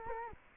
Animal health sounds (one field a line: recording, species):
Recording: mosquito wingbeat signal from an infrared sensor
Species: Culex quinquefasciatus